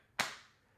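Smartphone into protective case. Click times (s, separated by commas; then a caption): 0.2 s. A natural titanium iPhone 16 Pro Max is pressed into a Spigen Tough Armor T rugged plastic and TPU protective case. A single sharp, bright click at 0.2 s fades out over about the next half second. The phone snaps firmly into place with a solid click and a very good fit.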